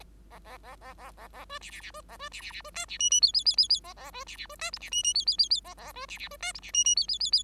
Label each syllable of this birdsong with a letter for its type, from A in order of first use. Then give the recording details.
A A A A A A A B C C C B A B C C C B D C E E F F F F F A A B C C B D G C E E F F F F A A B C C B D G C E E F F F F. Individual Bird5